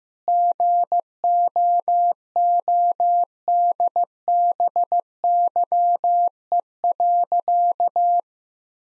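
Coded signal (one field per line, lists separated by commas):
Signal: Morse code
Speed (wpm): 15 wpm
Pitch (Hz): 700 Hz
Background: none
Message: GOODBYE.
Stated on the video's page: Morse practice at 15 wpm: sentences containing common seven-word phrases for head-copy, each sentence sent twice.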